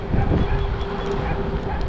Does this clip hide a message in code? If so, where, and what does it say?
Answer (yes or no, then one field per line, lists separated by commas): no